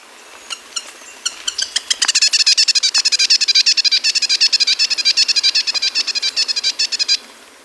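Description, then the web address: Grass-green tanager song: scattered opening notes quicken into a rapid, rattling chatter that runs for about five seconds before stopping abruptly. Recorded in Ecuador. "Birds of Ecuador. Grass-Green Tanager"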